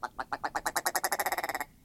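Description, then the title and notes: Ptarmigan call: a quick croaking rattle of many rubbery pulses, accelerating from spaced notes into a fast run before stopping. Northern bird with rubbery-sounding rattles. "With its rubbery-sounding rattles and clownish red eyebrows, the ptarmigan is quite the stand-out northern bird. BirdNote"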